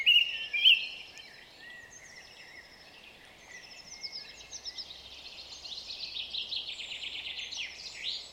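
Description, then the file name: European robin singing a few high whistled notes, then a long, thin, rambling warble of quick twittering notes over steady background hiss. "Erithacus rubecula"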